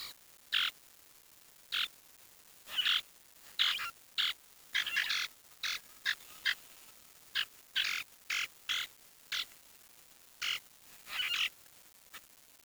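Bird chirps, short bright high notes given singly or in quick clusters at irregular intervals over a quiet background.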